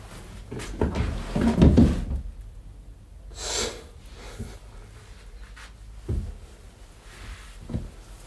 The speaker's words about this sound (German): Zehn Schubladen hatte ich wohl schon aufgerissen.